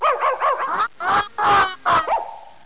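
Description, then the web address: Dog barking, a quick run of yappy barks, then three longer strained barks ending in a thin trailing whine. "TOYOTA. DOG"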